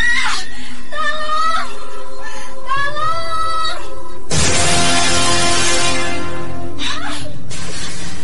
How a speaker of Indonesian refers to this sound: Jadi, sepertinya aku mendengar suara teriakan meminta tolong.